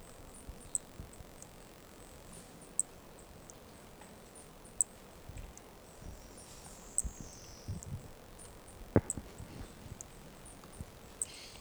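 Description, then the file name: Brachycephalus toadlet: thin high notes roughly every two seconds over a background of faint crackling noise. Two individuals (4 and 5) of an unidentified Brachycephalus species, recorded at Corcovado. "Brachycephalus sp ind 4 ind 5 Corcovado two starting notes lost"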